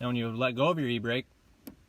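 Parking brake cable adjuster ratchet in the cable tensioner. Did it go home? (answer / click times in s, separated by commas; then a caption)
no / none. On a Chevy Cruze, the parking brake cable adjuster ratchet in the cable tensioner is being handled during a parking brake adjustment as the e-brake is let go. Someone talks for about the first 1.2 seconds, then a single brief sharp transient is heard at about 1.7 s. Nothing has seated or clicked yet; the clip ends before the part goes home.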